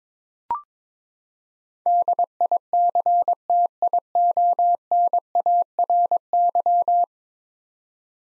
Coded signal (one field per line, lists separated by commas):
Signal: Morse code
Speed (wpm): 22 wpm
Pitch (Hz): 700 Hz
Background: none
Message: DICTIONARY